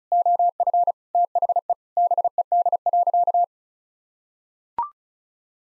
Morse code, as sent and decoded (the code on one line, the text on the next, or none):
--- ..-. / - .... . / -... . -.. .-.-.-
OF THE BED.